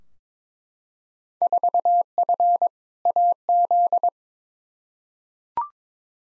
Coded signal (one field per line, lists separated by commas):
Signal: Morse code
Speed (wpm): 21 wpm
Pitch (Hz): 700 Hz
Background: none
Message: 4F AZ